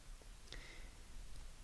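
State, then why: Released. The screw-down crown of a dive watch is turned counterclockwise until it unscrews from the case tube and pops out to the winding position, leaving it loose. A single sharp click is heard at 0.5 s over a low, steady background. The crown is released.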